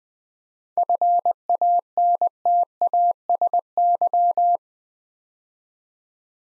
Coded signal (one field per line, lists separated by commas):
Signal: Morse code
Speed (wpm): 20 wpm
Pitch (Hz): 700 Hz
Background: none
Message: FANTASY